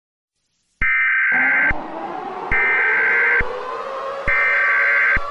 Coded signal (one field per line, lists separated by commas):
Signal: Emergency Alert System (SAME) tones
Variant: header bursts